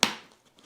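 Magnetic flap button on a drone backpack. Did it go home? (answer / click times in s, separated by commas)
yes / 0.0 s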